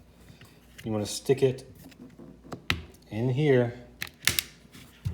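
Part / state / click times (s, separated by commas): plastic cover clips releasing from a portable speaker housing / released / 4.0 s, 4.3 s, 4.4 s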